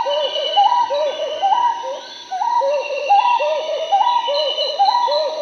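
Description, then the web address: Marbled wood-quail song: rhythmic, repeated rollicking phrases of quick, fairly low notes, briefly pausing mid-way. Peru. "Birds of the Amazon. Marbled Wood-Quail (Odontophorus gujanensis), Peru"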